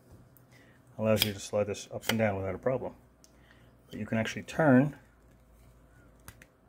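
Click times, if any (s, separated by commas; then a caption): 6.3 s. Someone talks while handling a UCO Pika rechargeable LED lantern/flashlight, whose extended collapsible lantern body slides up and down and is then turned about counterclockwise so its notches engage. A sharp click at 6.3 s marks the sliding lantern housing locking into its notch detent, and the body is held open so it no longer collapses.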